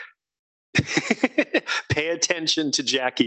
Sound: laughter